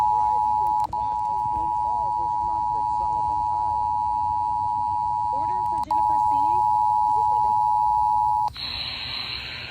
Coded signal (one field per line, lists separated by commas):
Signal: Emergency Alert System (SAME) tones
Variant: 853 and 960 Hz attention tone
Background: speech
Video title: NH Statewide Required Monthly EAS Test - November 2024 (EAS #1,482-1,493)